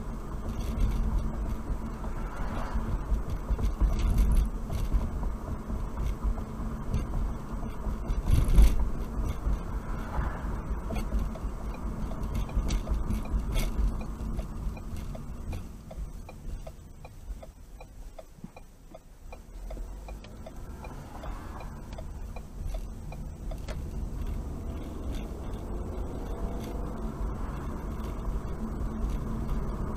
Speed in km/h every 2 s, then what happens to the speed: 45, 47, 45, 45, 47, 47, 40, 27, 11, 5, 15, 16, 27, 37, 44.
0-11 steady at about 45. 11-17 brakes to 5. 18-30 speeds up to 44.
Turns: 20-23.